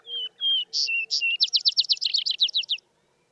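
Vesper sparrow song: clear whistled introductory notes, a couple of bright higher notes, then a fast rattling trill of rapid repeated elements ending abruptly.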